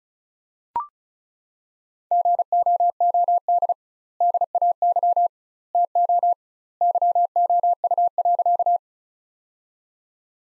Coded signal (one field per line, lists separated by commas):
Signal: Morse code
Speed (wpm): 34 wpm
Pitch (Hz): 700 Hz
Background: none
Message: GOOD DAY TO YOU.